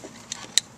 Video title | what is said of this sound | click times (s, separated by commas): Jeep JK Trailer Wiring Installation | plug in to the factory harness until it clicks | 0.6 s